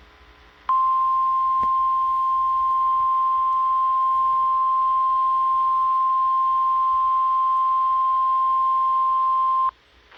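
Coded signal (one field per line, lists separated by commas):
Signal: Emergency Alert System (SAME) tones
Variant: 1050 Hz attention tone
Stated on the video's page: Required weekly test received off a weather radio station.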